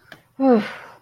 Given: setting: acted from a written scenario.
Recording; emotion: vocal sound without words; relief